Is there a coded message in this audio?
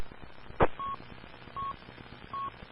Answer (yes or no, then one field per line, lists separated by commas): no